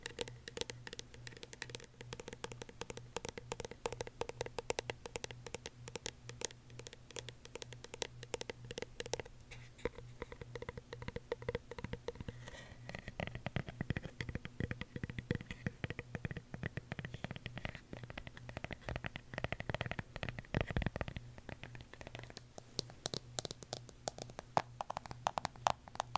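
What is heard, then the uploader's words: Rapid fingertip tapping is dense and continuous with occasional scratchy strokes. Around the middle the taps take on a brighter, more ringing tone, then return to duller knocks toward the end. A low steady hum sits underneath throughout. ASMR Tapping For Sleep (No Talking).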